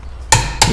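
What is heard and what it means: A click-type torque wrench tightens a lug nut on a C8 Corvette wheel and gives two sharp metallic clicks at 0.3 s and 0.6 s against a low background hum. The wrench reaches its torque setting and the nut is confirmed tight.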